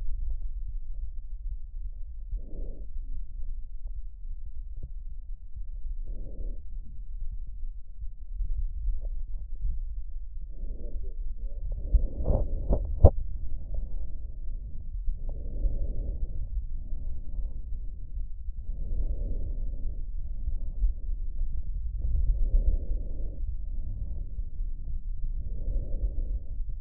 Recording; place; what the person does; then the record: lung sounds by stethoscope; left posterior basal chest; quiet breathing, then deep breathing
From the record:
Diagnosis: pulmonary infection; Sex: male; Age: 86 years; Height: 165 cm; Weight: 65 kg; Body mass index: 23.9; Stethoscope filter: extended mode